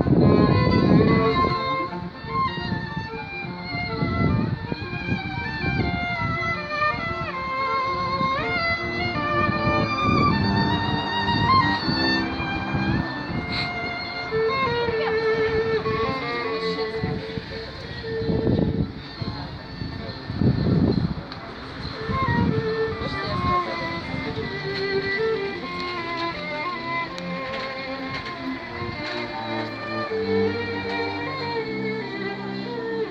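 Music plays in the street, with melodic lines that rise and fall steadily over the whole half minute. Heavy low thumps recur irregularly beneath it, and a rumble like passing traffic and faint voices blends in. The overall level stays fairly even throughout.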